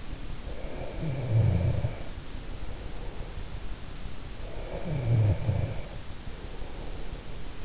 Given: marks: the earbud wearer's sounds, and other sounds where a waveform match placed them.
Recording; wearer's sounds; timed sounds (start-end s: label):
sounds in sleep by an in-ear microphone; snoring breath
0.00-3.23 s: snoring breath
4.78-7.23 s: snoring breath